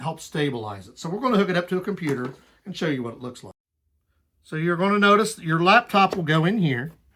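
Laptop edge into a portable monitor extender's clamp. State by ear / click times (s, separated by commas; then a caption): not seated / none. Someone talks while a laptop edge is being handled toward the clamp of a Domyfan 14" ultra-thin FHD IPS dual portable laptop monitor extender, which is meant to lock onto the laptop. Nothing has seated or clicked yet; the clip is speech with a short silent gap near the middle.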